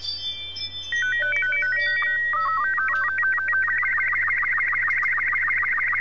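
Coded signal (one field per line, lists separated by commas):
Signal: SSTV (slow-scan television)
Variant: Robot 36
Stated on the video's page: SSTV images converted to WAV files and played from the transceiver's voice memories, with RS-BA1 in use.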